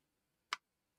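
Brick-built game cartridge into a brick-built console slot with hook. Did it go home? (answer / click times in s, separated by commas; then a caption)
yes / 0.5 s. A small brick-built game cartridge is pushed into the slot of a brick-built model console, where a blue hook grabs the cartridge's rear bracket so it does not fall out. A single short, sharp click sounds at 0.5 s, strongest around 1 kHz, with near silence before and after. The cartridge is seated.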